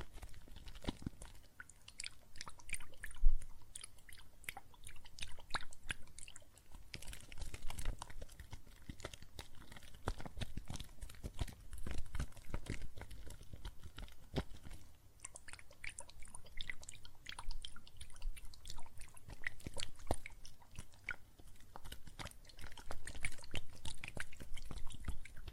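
Soap foam fizzes and crackles with water, a dense, constant patter of tiny wet pops and clicks running the whole time. The crackling is bright and irregular, with a few louder moist snaps, one around three seconds, and a soft low rumble underneath.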